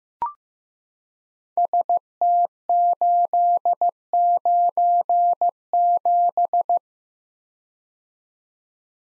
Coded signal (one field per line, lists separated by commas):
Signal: Morse code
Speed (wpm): 15 wpm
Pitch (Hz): 700 Hz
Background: none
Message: ST897